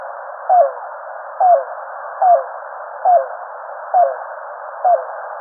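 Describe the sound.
Yellow-billed cuckoo uttering six short, low, down-slurred notes at a steady pace of just under one a second, against continuous hiss.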